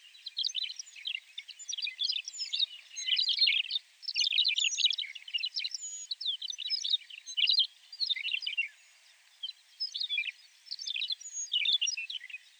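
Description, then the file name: McCown's longspur twittering calls, dense bursts of short high chirps and rattles, coming in clusters with brief pauses between them. "Mc Cowns-Longspur-Rhynchophanes-mccownii"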